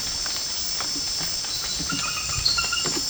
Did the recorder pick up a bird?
no